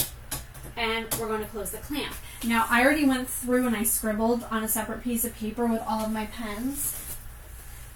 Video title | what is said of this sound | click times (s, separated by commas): Cricut New Resolutions Mystery Box Project Tutorial 2X2 Card Mat with 4 Different Designs | open clamp a insert it until it clicks | 0.3 s